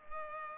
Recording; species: mosquito wingbeat signal from an infrared sensor; Culex pipiens